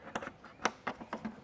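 A green wire's plastic connector on a Curt T-Connector trailer wiring harness is handled at the top connection of the passenger-side taillight on a 2020 Toyota Tacoma. A series of short, sharp plastic clicks and knocks sounds at about 0.2, 0.3, 0.7, 0.9 and 1.1 seconds. Nothing has seated or clicked into place yet.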